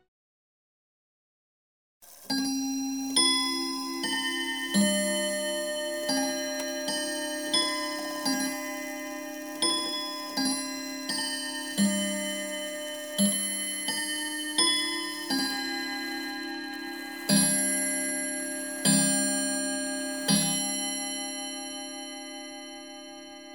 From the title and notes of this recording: 時鐘報時音效. Clock Tell THe Time Sound Effect.